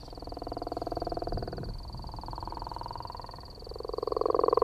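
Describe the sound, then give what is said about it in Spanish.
A gopher frog calls with a deep, rattling snore, a rapid pulsing drone that runs steadily in a few long stretches, swelling louder toward the end. No voices. “Una rana, sí. Ay, sé que has acertado una. La rana Gopher.”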